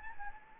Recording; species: mosquito wingbeat signal from an infrared sensor; Anopheles gambiae